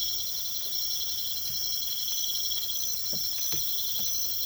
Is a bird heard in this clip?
no